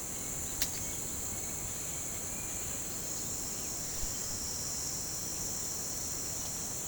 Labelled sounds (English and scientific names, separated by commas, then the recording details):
none
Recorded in pastures near Puerto Asís, Putumayo, Colombia, on 26 December 2024 at 08:00
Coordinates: 0.466, -76.322
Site G040